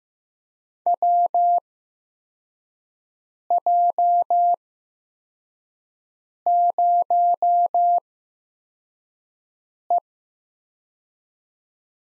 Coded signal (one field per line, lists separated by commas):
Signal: Morse code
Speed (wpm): 15 wpm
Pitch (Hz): 700 Hz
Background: none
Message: WJ0E